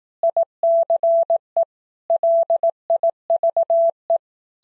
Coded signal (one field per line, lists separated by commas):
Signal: Morse code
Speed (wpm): 18 wpm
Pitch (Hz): 670 Hz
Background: none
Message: ICE LIVE